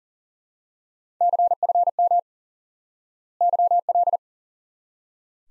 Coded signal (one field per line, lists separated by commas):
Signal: Morse code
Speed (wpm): 37 wpm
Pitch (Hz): 700 Hz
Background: none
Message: CFM YL